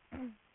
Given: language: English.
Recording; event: throat vibration sensor signal played as sound; throat clearing